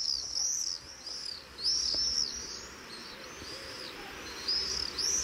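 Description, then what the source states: Common swift screaming calls, shrill high buzzy screeches coming in repeated bursts, several overlapping, with faint background noise. Played on radio as a quiz sound; described as a recognisable sound; breeds in buildings and houses; insulation work is removing many nest sites.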